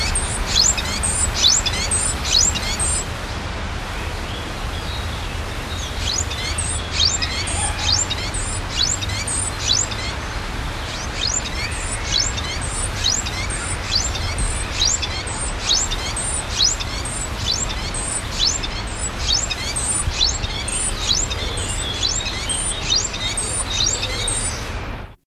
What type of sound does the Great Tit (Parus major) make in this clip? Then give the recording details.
call. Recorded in the wild. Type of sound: call. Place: Eilenriede, Niedersachsen, DE. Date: 1974-05-02. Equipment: Halbspur, 9,5 cm/s. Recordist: Lütgens, Hans. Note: Kohlmeisenmännchen unmittelbar vor Kopula